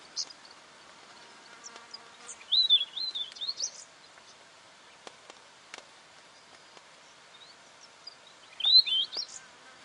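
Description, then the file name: Weebill singing two bright, high warbled phrases of rapid rising and falling whistles, several seconds apart, with scattered faint clicks between them. "canto do gerigono de bico curto"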